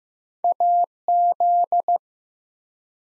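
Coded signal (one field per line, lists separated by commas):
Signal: Morse code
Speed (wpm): 15 wpm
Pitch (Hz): 700 Hz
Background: none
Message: AZ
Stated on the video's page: Morse code head-copy drill of ARRL section abbreviations used in Field Day contest exchanges, sent at 15 wpm, each sent twice.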